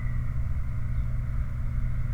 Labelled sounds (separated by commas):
truck